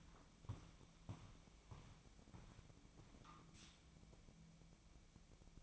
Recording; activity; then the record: daily activity, microphone in the room; walk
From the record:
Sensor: 1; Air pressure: 1012.2 hPa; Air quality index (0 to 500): 176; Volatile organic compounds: 3 ppm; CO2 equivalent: 1450 ppm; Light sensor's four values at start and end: 47/130/52/65 and 48/133/54/66